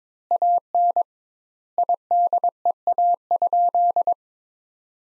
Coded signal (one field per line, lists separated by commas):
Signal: Morse code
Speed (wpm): 22 wpm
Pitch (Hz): 700 Hz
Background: none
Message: AN IDEA?